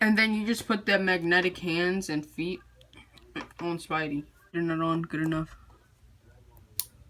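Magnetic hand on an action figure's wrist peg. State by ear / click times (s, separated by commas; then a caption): released / 6.8 s. Someone talks while fitting magnetic hands and feet onto a Spider-Man action figure, after popping its regular hands off the pegs. At 6.8 s a magnetic hand snaps off its wrist peg with a sharp, loud snap as the magnet in the hand comes off.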